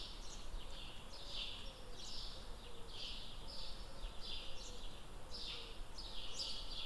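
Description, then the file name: Bird song: a continuous run of high, falling, buzzy phrases in quick succession, with soft lower warbled notes beneath and low background rumble. "Nuture environment birds"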